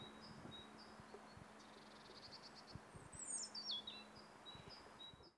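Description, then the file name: European robin high, thin phrases, with a bright descending trill in the middle and soft notes before and after, over faint background hiss. "Erithacus rubecula"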